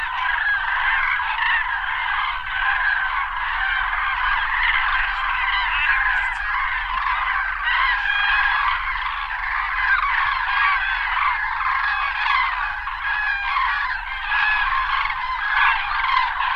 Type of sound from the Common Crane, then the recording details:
call. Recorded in the wild. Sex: group. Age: adult. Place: Paulinenaue, Rhinluch, Brandenburg, DE. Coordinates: 52.6833, 12.7. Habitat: field. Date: 2003-05-11 12:05. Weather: 11°C, sunny, almost windless. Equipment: Tascam DA-P1, Artificial Dog Head. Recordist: Frommolt, Karl-Heinz